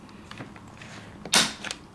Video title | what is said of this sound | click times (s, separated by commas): Samsonite Winfield 3 DLX Spinner Hardside Expandable Luggage & Bunk? Covers from Amazon Review! | um to record your combination right and then it says to push the button again so you hear a click | 1.3 s